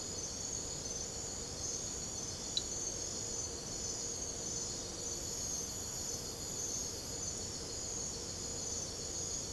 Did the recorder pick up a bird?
no